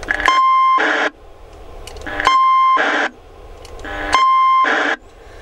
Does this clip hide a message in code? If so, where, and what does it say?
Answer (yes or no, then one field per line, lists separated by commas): no